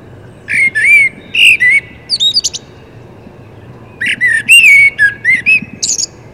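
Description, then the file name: Common blackbird delivering two fluting song phrases, smooth rising and falling whistles capped by brief high thin twitters. "Turdus merula"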